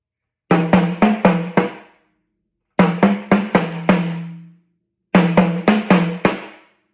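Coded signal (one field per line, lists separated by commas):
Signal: talking drum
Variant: Yoruba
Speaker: the hunter is hunting the leopard while the leopard is hunting the hunter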